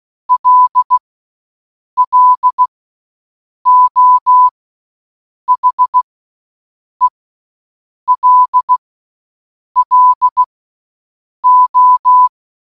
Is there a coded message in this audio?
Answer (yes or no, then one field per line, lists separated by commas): yes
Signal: Morse code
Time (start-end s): 0.3-12.3 s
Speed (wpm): 16 wpm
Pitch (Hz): 1000 Hz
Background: none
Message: LLO HELLO